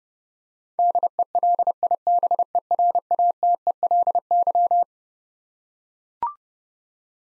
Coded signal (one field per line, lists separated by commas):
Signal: Morse code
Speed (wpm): 30 wpm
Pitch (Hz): 700 Hz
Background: none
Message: DELIBERATELY